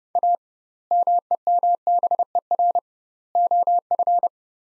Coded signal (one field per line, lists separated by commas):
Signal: Morse code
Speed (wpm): 32 wpm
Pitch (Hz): 700 Hz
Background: none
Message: A MEMBER OF